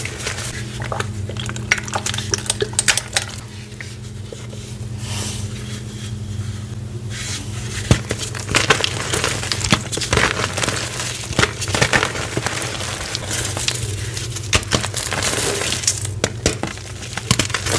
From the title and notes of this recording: Baby Oil Gym Chalk Crushing Compilation.